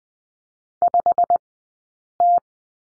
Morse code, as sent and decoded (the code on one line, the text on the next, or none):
..... -
5T